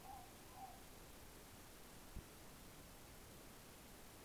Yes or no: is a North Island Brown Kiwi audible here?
no